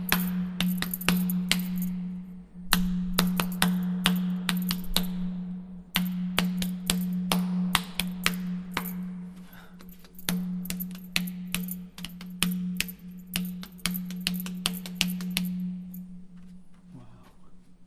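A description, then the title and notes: Sharp hand claps strike a wall in quick, uneven bursts, some in rapid flurries and some spaced apart. Beneath them a steady low hum rings on continuously, swelling after each clap and fading out near the end once the clapping stops. Ajanta Caves, Buddhist shrines dating back to 200 BC. Over 20 separate caves carved into the rock. Clapping on certain parts of the wall makes a 'humming' echo sound.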